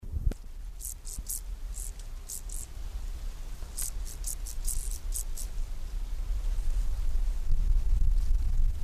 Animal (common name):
Field Grasshopper